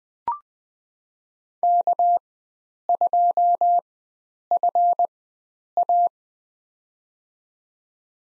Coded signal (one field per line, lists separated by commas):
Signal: Morse code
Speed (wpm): 20 wpm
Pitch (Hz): 700 Hz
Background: none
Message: K2FA